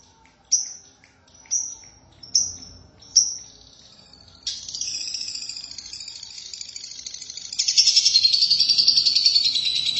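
Lovebird calls and song, four sharp high chirps about a second apart, then a continuous buzzy rattling twitter that grows louder toward the end.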